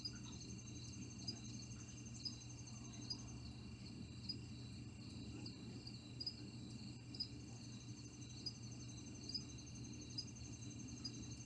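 Cricket chirping, repeated bright pulses about every second or so, with a high trill at times and a low continuous hum.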